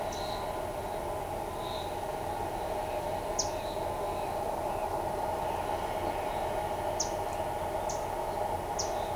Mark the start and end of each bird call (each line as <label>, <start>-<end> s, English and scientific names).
Pied Water Tyrant (Fluvicola pica), 3.38-3.54 s
Pied Water Tyrant (Fluvicola pica), 6.96-8.91 s